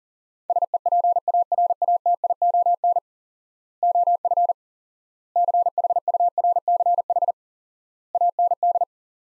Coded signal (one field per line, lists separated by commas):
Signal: Morse code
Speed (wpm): 40 wpm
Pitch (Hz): 700 Hz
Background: none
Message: SEPARATION OF CHURCH AND